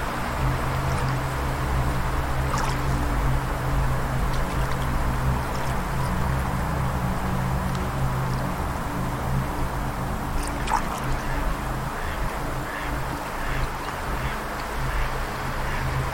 Nature Sounds, Soothing Music, and Gentle Water Flow